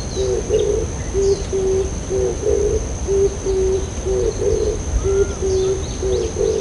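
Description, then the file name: Oriental turtle dove cooing in low, soft four-note phrases, the pattern repeating about every two seconds. "kijibato"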